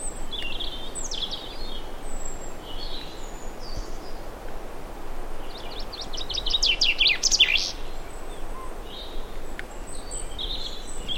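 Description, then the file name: Common chaffinch singing one rapid falling trill midway, with scattered chirps before and after over constant low background noise. "Fringilla coelebs"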